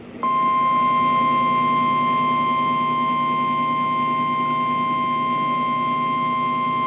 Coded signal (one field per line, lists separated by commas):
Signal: Emergency Alert System (SAME) tones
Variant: 1050 Hz attention tone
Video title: Remnants of a High… EAS Alerts from 3/15/25-3/16/25 - Mini Compilation